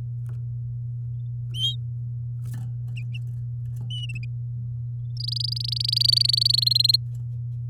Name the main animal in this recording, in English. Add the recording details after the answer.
Domestic Canary. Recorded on 7 May 2018 at 09:31. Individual llb16